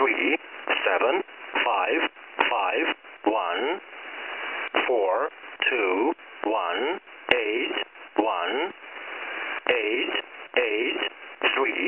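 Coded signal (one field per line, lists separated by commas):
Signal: numbers station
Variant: E07, English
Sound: male voice reading single English digits at a steady pace over shortwave hiss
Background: radio static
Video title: E07 English Man Numbers Station - 17461 kHz 2023-Oct-13 1500z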